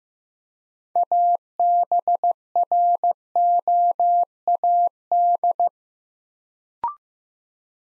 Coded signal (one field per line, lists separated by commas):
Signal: Morse code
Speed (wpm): 15 wpm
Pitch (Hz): 700 Hz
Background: none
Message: ABROAD